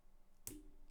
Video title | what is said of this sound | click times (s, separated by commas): LEGO Life Magazine Build idea - Set BUNNY-1 - Bunny - Build and Review | nice click there you go so we got this kind of mousy head looking thing | 0.5 s